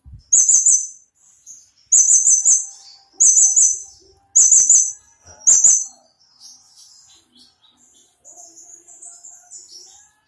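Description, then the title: Small bird sounding five loud, sharp high chirps about a second apart, followed by soft faint twittering. "Burung Kecil"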